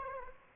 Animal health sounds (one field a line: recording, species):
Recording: mosquito wingbeat signal from an infrared sensor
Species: Aedes aegypti